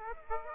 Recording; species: mosquito wingbeat signal from an infrared sensor; Aedes aegypti